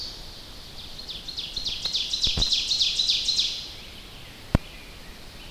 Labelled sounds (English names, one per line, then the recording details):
Ovenbird song
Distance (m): 35 m
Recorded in boreal forest in Alberta, Canada, on 10 June 2016 at 07:45
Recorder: SongMeter 3, array SBT-3-39
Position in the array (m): 325 m, 145 m
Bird 19